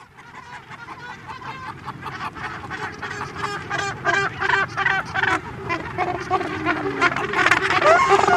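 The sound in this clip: Cape gannets calling, harsh rhythmic cackling notes from many birds overlapping in a steady, rising chorus.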